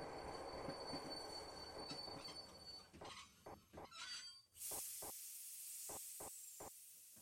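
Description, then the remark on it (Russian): A train rumbles into the station at Voronezh, its wheels clacking in an irregular rhythm as it slows, then a loud, steady hiss of air brakes takes over while a few last clunks sound beneath it as it stops. “Когда поезд остановился, я спрыгнул на перрон”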